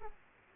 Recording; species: mosquito wingbeat signal from an infrared sensor; Aedes aegypti